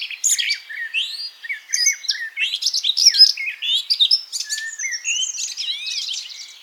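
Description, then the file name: Eurasian blackcap pouring out continuous scratchy warbling, mixing rising slurred whistles with fast chattering notes throughout. "Sylvia atricapilla"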